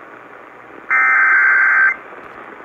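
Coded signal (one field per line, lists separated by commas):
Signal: Emergency Alert System (SAME) tones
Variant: header bursts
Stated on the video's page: EAS tones for tornado, severe thunderstorm and flash flood warnings in North Central Texas, received on a Sangean CL-100 radio.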